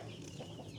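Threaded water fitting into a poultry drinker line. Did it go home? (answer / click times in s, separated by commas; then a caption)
no / none. A threaded plastic fitting is being screwed by hand into a poultry drinker water line, turned like a screw to tighten it. Chickens cluck steadily throughout the 0.9-second clip, masking any handling noise. The fitting has not seated or clicked into place yet.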